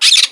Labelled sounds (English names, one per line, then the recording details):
Brown-throated Parakeet contact call
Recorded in Margarita
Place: San Francisco, near stadium
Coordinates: 11.018, -64.294